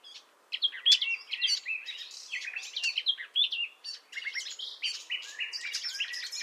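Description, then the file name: Common nightingale song, starting after a short silence and then running on as rich, varied whistles, clicks and quick note series. "Luscinia megarhynchos"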